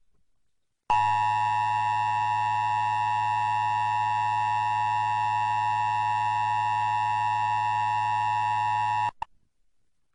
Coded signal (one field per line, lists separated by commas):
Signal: Emergency Alert System (SAME) tones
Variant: 853 and 960 Hz attention tone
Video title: (SSTEAS REUPLOAD) 10 Years on YouTube - Top 10 SCARY EAS National Tests WITH COMMENTARY